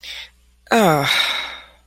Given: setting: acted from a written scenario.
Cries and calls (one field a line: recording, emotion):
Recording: vocal sound without words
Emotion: disappointment